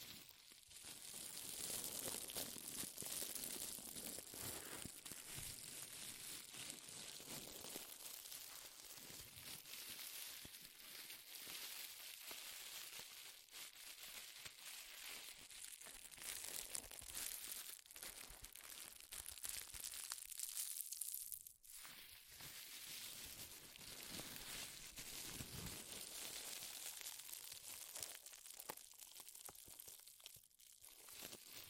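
Powerful, dense crinkling runs nearly nonstop for the whole stretch, bright and crackly with rapid irregular bursts, briefly easing around twenty-one seconds.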